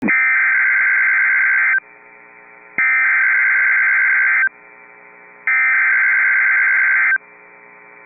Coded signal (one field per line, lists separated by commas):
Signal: Emergency Alert System (SAME) tones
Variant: header bursts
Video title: Severe Thunderstorm Watch #576 (8/7/25) [EAS #238]